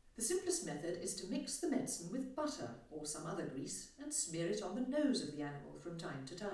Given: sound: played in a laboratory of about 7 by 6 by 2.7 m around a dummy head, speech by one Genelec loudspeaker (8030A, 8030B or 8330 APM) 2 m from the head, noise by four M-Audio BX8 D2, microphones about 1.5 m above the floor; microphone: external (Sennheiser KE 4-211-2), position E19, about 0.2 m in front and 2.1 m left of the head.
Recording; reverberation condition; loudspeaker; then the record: female speech in English; medium; 30 degrees to the right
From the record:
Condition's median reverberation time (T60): about 510 ms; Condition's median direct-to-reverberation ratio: about -0.5 dB